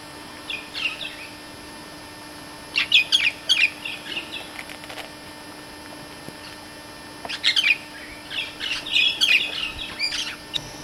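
Brown-hooded parrot giving bursts of harsh, chattering high calls separated by quiet gaps, over a steady hiss with a faint constant tone.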